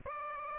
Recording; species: mosquito wingbeat signal from an infrared sensor; Aedes aegypti